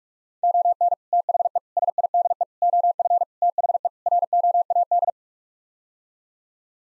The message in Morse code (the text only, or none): ON THE SIDE OF THE ROAD